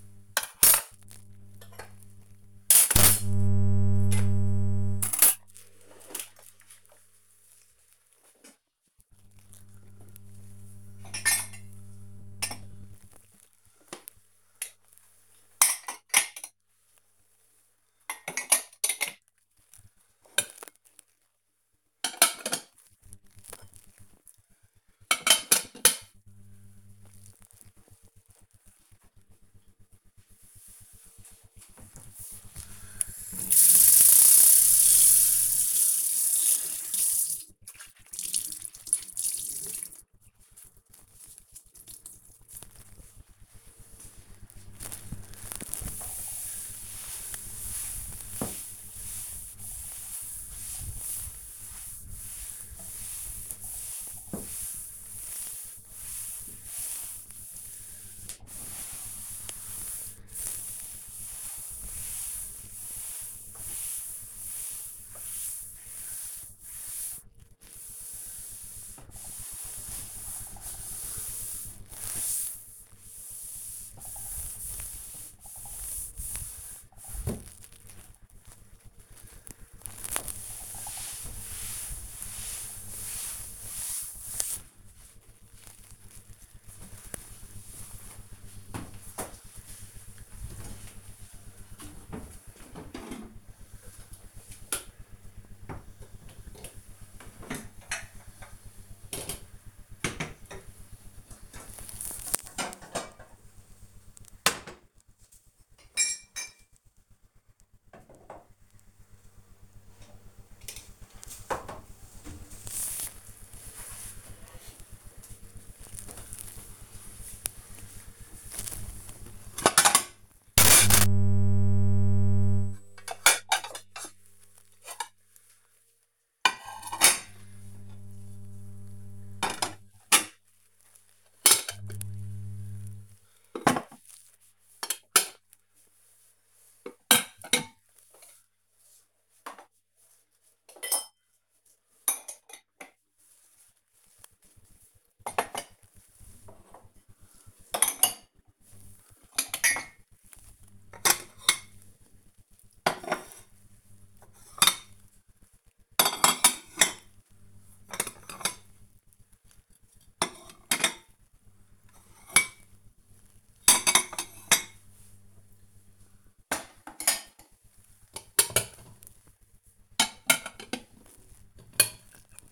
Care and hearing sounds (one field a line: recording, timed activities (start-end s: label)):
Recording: household activities, microphone on the right wrist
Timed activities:
0.00-28.37 s: putting away the dishes
33.39-84.81 s: cleaning table
115.00-172.52 s: putting away the dishes